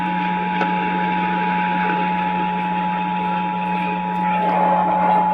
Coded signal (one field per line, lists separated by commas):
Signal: Emergency Alert System (SAME) tones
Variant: 853 and 960 Hz attention tone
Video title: Oklahoma and Tennessee Monthly Test | EAS #2470-2473